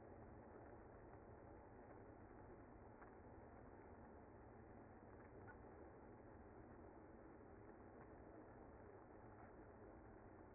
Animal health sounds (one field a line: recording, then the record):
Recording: honeybee colony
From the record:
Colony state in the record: active